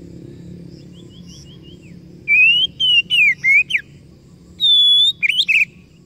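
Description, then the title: Oriental magpie-robin song: faint high notes at first, then a loud series of short, twisting whistles and a long, level high whistle ending in quick chirps. Masteran (training recording) meant to provoke kacer into gacor (full, active singing); described as successful, the bird going on to become a contest champion. "Masteran Kacer Yang Sukses Memancing Kacer Gacor Sampai Jadi Juara"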